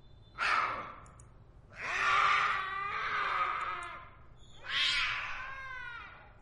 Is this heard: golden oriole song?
no